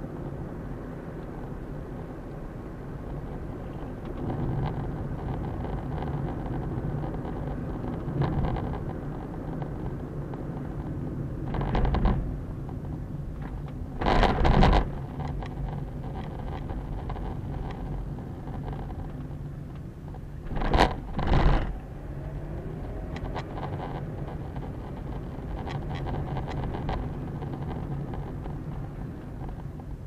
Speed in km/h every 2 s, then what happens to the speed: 42, 43, 45, 45, 42, 36, 24, 22, 25, 23, 13, 20, 27, 31, 24.
0-7 steady at about 43. 7-12 brakes to 24. 12-17 steady at about 24. 17-20 brakes to 13. 21-27 speeds up to 31. 27-30 brakes to 24.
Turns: none.